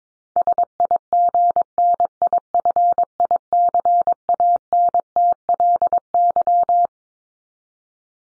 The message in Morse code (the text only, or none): SIGNIFICANTLY